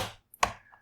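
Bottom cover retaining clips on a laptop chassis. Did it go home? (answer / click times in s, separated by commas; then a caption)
released / 0.3 s, 0.4 s. A plastic prying tool levers up the back edge of an Acer Swift X SFX16 laptop's bottom shell near the hinge. After a fading noise, a small click comes at 0.3 s and a louder, sharp snap at 0.4 s, then a short tail. The plastic retaining clips on the bottom cover pop open and release.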